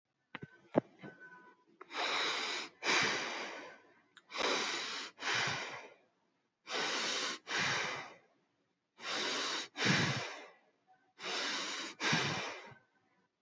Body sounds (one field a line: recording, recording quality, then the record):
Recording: deep breathing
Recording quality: excellent, no background noise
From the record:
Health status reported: healthy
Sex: female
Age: 19 years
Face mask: not worn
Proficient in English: yes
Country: India